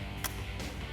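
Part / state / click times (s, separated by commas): vent line quick-connect fitting onto oil catch can port / seated / 0.3 s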